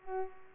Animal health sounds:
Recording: mosquito wingbeat signal from an infrared sensor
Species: Culex pipiens

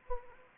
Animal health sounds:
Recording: mosquito wingbeat signal from an infrared sensor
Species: Anopheles gambiae

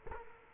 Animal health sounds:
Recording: mosquito wingbeat signal from an infrared sensor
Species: Culex quinquefasciatus

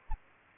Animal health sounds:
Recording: mosquito wingbeat signal from an infrared sensor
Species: Aedes aegypti

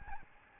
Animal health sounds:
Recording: mosquito wingbeat signal from an infrared sensor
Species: Aedes albopictus

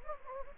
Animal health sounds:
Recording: mosquito wingbeat signal from an infrared sensor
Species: Anopheles gambiae

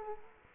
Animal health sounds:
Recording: mosquito wingbeat signal from an infrared sensor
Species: Culex quinquefasciatus

